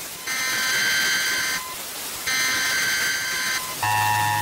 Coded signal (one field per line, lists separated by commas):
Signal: Emergency Alert System (SAME) tones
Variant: header bursts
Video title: Georgia EAS Alarm (2003) origin...